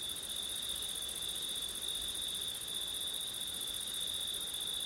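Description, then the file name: Crickets calling continuously, a bright, even shrill trill holding one pitch throughout, with a second, higher trill and soft background hiss. Crickets singing on a September night in wind, recorded with an ORTF setup. "crickets wind september night ortif"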